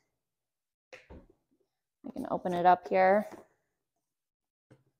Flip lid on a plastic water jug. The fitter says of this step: you can hear it snap off like that